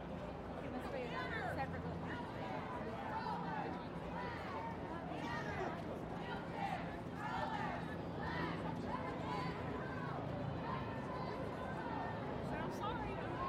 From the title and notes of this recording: WOMXNS MARCH_raw_07 by Andy "soundeziner" Martin.